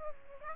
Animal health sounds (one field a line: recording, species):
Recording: mosquito wingbeat signal from an infrared sensor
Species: Aedes aegypti